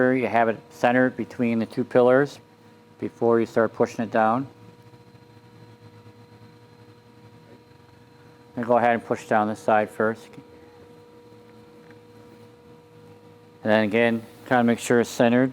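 A rear outer belt molding for a 1999–2006 GM truck/SUV door is centered between the two door pillars before any pressing begins. Someone talks over a low steady hum, with quiet pauses between phrases. Nothing has been pushed down or clicked into place yet.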